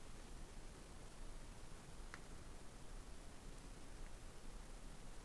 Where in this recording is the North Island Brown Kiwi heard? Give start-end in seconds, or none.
none